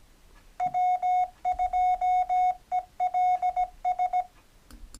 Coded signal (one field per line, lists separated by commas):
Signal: Morse code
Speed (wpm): 17 wpm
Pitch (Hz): 730 Hz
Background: none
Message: W2ELS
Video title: Episode 7:Fast, Fun & Easy CW QSOs: Making Your First POTA Contact